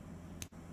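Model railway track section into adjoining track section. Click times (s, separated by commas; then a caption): 0.4 s. Two plastic KATO V5 inner loop N gauge track sections with built-in roadbed are pushed together end to end until the joiner clicks. A single short, sharp click at 0.4 s stands out against a steady low background hum and is followed by a brief dip into near silence. The sections are seated.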